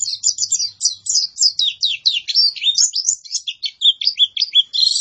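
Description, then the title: White-eye song: continuous fast, high chattering of sweeping notes, varied and unbroken throughout. Lively-singing white-eye, used as a training master for cage birds. "Pleci Gacor. Masteran Burung PLECI"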